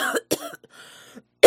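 Three loud, abrupt, harsh cough bursts from an adult, the last cut off at the end; a plain loud cough.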